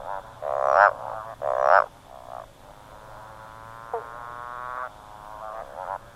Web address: motorbike frog